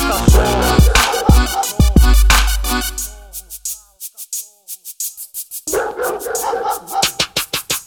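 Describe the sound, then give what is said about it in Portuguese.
Dogs bark in a rapid string of sharp, loud yaps over a booming beat, with a short stretch of thin, whining yips before the barking bursts back in. “Vou soltar os cachorros.”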